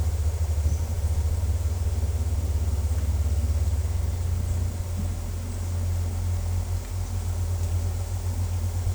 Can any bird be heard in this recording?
no